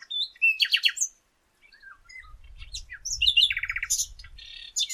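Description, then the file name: Common nightingale with fast repeated notes, a pause, then more chirps and a rapid rattling trill, with a low rumbling background noise in the second half. "Luscinia megarhynchos"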